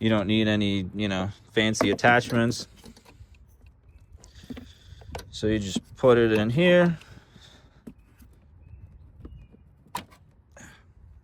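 Someone talks while the metal corner-bracket mounting brace for an oil catch can on a Volvo S60R/V70R is shoved into the gap between the radiator support and the frame, with no drilling needed. Faint knocks and scrapes follow the talk as the brace is worked in. A sharp hit at 10.0 s marks the brace locking in place, seated.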